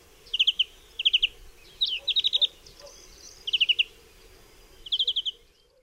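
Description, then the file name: European greenfinch song of brief trills in short bursts of four or five notes, separated by irregular pauses. "DZWONIEC"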